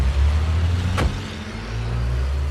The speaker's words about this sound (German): Arrow, Cameron und Elton steigen hastig in den Bentley und noch bevor sie die Tür ganz geschlossen haben, fahren sie hinter unserem Wagen an.